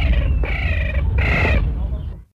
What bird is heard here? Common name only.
African Jacana